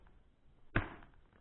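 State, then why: Seated. The first wing of a Parrot Disco FPV fixed-wing drone is pressed down onto the fuselage so the servo engages the lock. A single sharp snap at 0.8 s marks the wing latch clicking home, followed by a few faint ticks. The wing is seated and locked in place.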